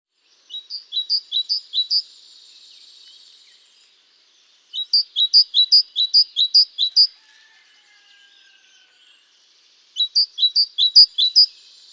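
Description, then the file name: Great tit singing three bursts of repeated two-note phrases, high and low notes alternating in a see-saw rhythm, separated by pauses of a few seconds. "Parus major"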